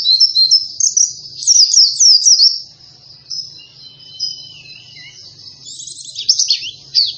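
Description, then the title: White-eye song, loud high twittering that opens in bursts, softens into a thin sustained warble, then returns with sharp notes. Energetic 'gacor' singing after being given You C 1000 vitamin C as a stimulant. "Pleci Gacor. Beginilah Hasil Perform Pleci Dengan Doping Metabolis You C 1000"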